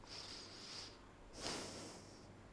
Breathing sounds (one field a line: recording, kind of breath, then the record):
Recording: one breath in and out by a microphone near the nose and mouth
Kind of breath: deep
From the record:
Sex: male